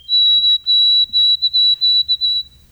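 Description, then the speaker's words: White-throated Sparrow song, a clear high whistle of two longer held notes followed by several shorter notes, all at one steady pitch. The 'oh sweet Canada, Canada, Canada' song; birds moving through now, usually in flocks. "And that's the, oh, sweet Canada, Canada, Canada. Love it."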